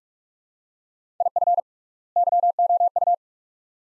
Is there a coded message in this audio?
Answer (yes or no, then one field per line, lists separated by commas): yes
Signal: Morse code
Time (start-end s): 1.2-3.1 s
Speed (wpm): 43 wpm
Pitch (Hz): 700 Hz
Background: none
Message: IF YOU